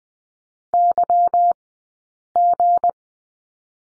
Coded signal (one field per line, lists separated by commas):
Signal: Morse code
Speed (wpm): 20 wpm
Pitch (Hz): 700 Hz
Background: none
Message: YG